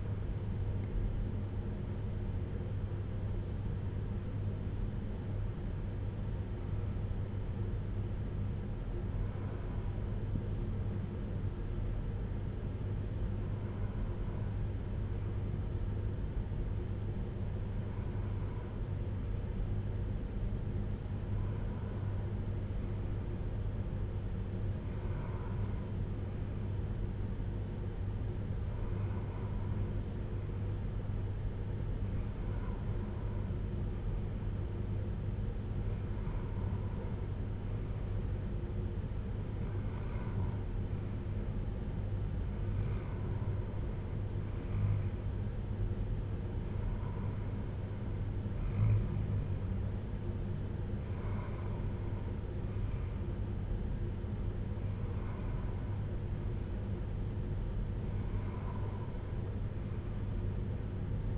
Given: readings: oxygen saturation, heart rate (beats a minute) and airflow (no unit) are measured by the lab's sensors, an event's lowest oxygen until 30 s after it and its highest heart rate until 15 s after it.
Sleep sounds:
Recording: breathing in sleep by a smartphone at the bedside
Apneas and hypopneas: none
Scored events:
39.00-61.38 s: new sleep stage, N2 (light sleep)
From the record:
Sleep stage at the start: N1 (lightest sleep)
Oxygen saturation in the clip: 94 to 95%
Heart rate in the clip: 55 to 63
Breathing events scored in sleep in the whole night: 310 in 8.1 hours asleep

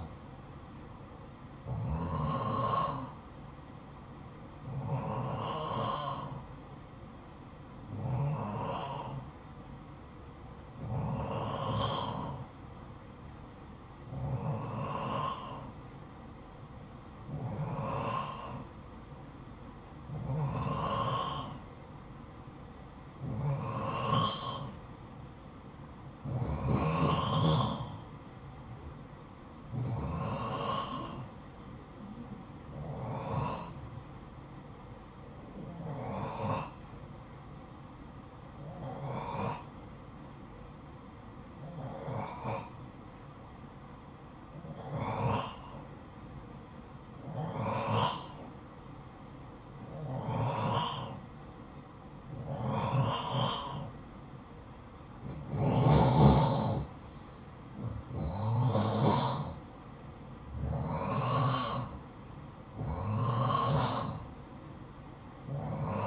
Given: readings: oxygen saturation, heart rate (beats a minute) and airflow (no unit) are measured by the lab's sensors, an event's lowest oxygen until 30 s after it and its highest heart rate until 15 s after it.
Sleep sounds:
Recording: breathing in sleep by a smartphone at the bedside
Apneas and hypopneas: 1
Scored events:
24.00-66.07 s: new sleep stage, N2 (light sleep)
34.00-56.10 s: hypopnea (N2, oxygen 91% highest, then 87% lowest, heart rate 57 at the start, 60 highest)
From the record:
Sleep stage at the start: N1 (lightest sleep)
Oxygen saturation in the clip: 89 to 93%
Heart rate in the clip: 54 to 60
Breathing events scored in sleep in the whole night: 573 in 9.8 hours asleep

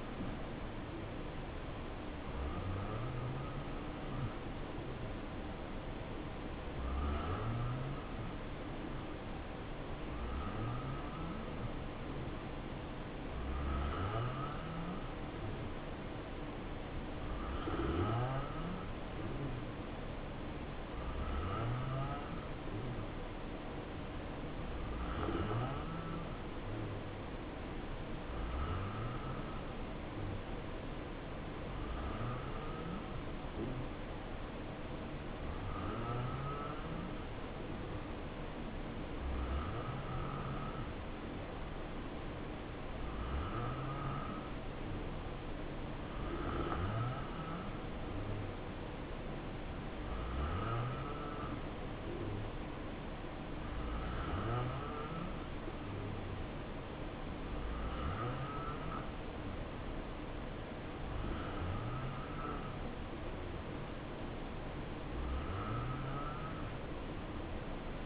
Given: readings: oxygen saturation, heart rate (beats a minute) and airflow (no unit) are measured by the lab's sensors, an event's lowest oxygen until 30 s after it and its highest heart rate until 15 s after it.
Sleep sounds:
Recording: breathing in sleep by a voice recorder at the bedside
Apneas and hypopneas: 1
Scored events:
13.00-37.60 s: hypopnea (N2, oxygen 89% highest, then 86% lowest, heart rate 66 at the start, 69 highest)
From the record:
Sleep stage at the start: N2 (light sleep)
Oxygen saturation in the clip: 86 to 89%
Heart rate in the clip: 63 to 70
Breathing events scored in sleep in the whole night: 277 in 7.4 hours asleep

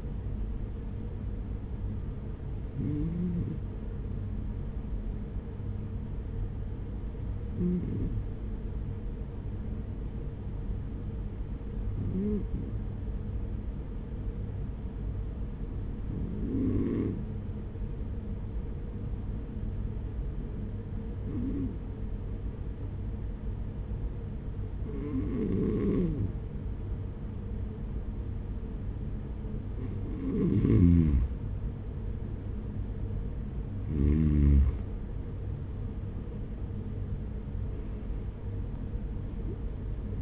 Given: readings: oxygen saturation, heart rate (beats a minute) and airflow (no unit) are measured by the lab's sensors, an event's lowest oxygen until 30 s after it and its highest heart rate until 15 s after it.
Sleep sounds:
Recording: breathing in sleep by a smartphone at the bedside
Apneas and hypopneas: 1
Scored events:
4.00-33.40 s: hypopnea (N2, oxygen 95% highest, then 92% lowest, heart rate 45 at the start, 69 highest)
24.00-40.22 s: new sleep stage, awake
26.00-40.22 s: awake
From the record:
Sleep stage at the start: N2 (light sleep)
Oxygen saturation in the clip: 92 to 95%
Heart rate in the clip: 44 to 50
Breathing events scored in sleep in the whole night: 210 in 6.9 hours asleep

